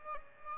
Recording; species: mosquito wingbeat signal from an infrared sensor; Aedes albopictus